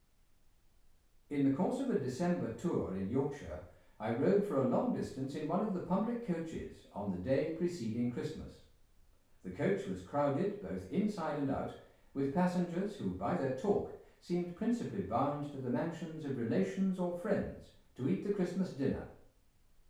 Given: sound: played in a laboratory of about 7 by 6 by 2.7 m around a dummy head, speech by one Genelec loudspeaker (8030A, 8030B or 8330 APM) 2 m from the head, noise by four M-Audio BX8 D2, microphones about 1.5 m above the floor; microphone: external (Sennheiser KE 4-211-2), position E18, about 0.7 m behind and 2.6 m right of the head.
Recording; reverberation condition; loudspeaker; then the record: male speech in English; medium; 60 degrees to the right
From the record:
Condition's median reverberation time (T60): about 510 ms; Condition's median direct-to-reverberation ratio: about -0.5 dB